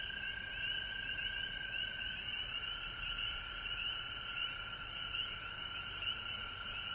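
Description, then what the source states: Many frogs call at once, a bright sustained ringing note with rapid overlapping trills throughout. Recorded at home in Georgia on March 19, 2020.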